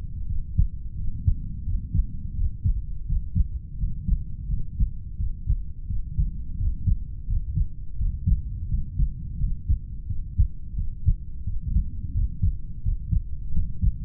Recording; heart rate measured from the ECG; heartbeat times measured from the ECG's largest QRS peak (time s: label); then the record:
heart sounds by stethoscope; 86 bpm
0.25 s: heartbeat
0.94 s: heartbeat
1.64 s: heartbeat
2.34 s: heartbeat
3.05 s: heartbeat
3.76 s: heartbeat
4.47 s: heartbeat
5.16 s: heartbeat
5.86 s: heartbeat
6.56 s: heartbeat
7.25 s: heartbeat
7.96 s: heartbeat
8.67 s: heartbeat
9.37 s: heartbeat
10.06 s: heartbeat
10.74 s: heartbeat
11.43 s: heartbeat
12.12 s: heartbeat
12.81 s: heartbeat
13.51 s: heartbeat
From the record:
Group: heart failure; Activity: rest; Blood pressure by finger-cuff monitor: 90/51 mmHg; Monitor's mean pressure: 60 mmHg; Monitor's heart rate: 86 bpm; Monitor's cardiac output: 7.2 L/min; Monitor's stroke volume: 84 mL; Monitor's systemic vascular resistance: 580 dyn s/cm5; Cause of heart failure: idiopathic cardiomyopathy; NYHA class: 2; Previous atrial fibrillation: present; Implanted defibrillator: present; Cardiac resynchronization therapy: present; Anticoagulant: warfarin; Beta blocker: metoprolol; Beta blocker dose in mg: 50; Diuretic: furosemide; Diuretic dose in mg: 40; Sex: male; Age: 62 years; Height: 184 cm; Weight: 101 kg